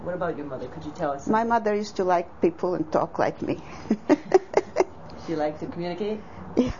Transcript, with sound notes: What about your mother could you tell us?
My mother used to like people and talk like me (laughs)
You like to communicate?